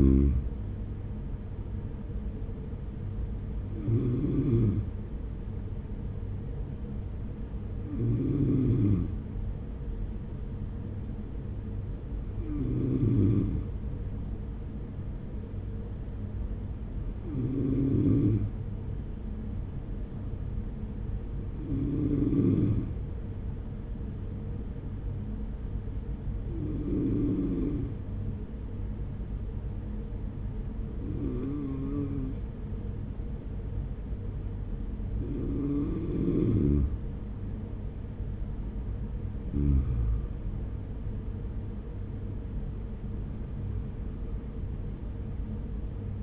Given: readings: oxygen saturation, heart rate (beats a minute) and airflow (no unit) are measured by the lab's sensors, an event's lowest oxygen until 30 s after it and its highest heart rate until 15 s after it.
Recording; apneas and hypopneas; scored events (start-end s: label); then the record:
breathing in sleep by a smartphone at the bedside; 1
21.00-40.60 s: hypopnea (N2, oxygen 94% highest, then 93% lowest, heart rate 43 at the start, 50 highest)
From the record:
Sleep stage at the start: N2 (light sleep); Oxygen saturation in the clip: 92 to 94%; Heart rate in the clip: 42 to 49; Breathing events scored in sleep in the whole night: 210 in 6.9 hours asleep